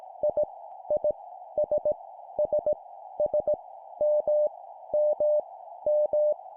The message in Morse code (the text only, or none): I I S S S M M M